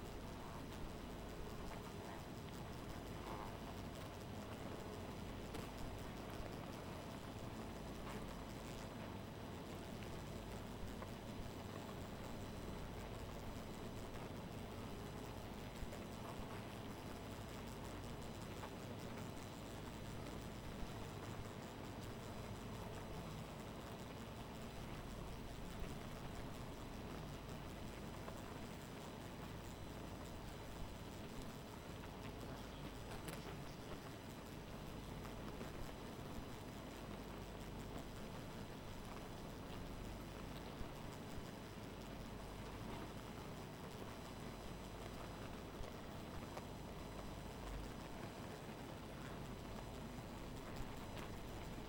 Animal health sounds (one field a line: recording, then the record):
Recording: honeybee colony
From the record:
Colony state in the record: missing queen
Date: 14 July 2017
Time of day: 2:06